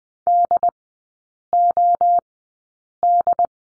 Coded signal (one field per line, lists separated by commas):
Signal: Morse code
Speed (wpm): 20 wpm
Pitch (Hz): 700 Hz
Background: none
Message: DOD